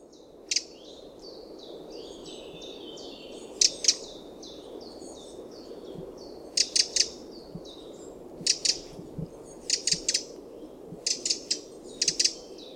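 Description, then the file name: Eurasian wren giving sharp clicking calls in short bursts, with a run of thin high notes early on, over low background noise. "Troglodytes troglodytes"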